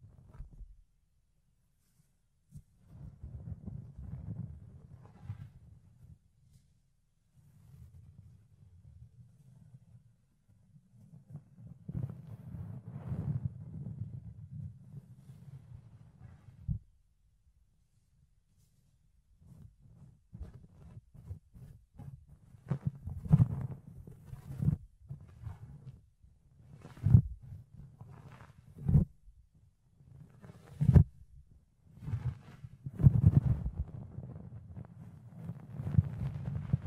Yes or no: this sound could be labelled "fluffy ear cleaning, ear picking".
yes